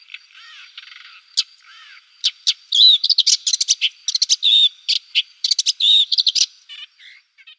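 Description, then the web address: Woodchat shrike song: a rapid jumble of scratchy chatters and clear whistled notes, dense bursts of varied phrases after a soft opening, with a steady faint high tone behind. "Schulze Peter Woodchat Shrike song"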